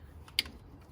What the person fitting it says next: That's snapped in place.